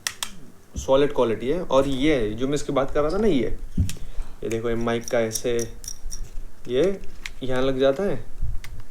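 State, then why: Not seated. Someone talks while handling a microphone's mount at the hook on top of a flexible tripod's phone clamp, with short ticks at about 0.1, 0.2, 6.1, 8.6 and 9.0 seconds. The mount has not yet locked onto the clamp, and nothing has seated or clicked yet.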